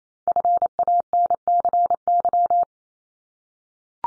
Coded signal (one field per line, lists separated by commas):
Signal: Morse code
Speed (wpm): 28 wpm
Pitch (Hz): 700 Hz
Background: none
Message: FANCY